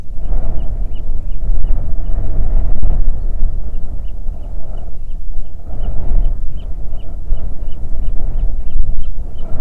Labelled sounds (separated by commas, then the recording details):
bird, wind
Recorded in the Prudhoe Bay oil fields, Alaska, on 9 June 2019 at 17:10
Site 21